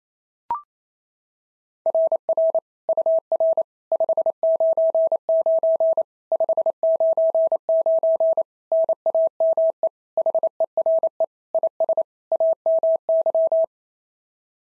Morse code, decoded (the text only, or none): RR UR 599 599 NAME HERE IS AMY